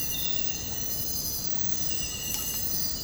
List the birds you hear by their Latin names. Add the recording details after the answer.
none. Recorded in secondary vegetation near Puerto Asís, Putumayo, Colombia, on 19 February 2024 at 03:00. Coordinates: 0.468, -76.324. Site G6381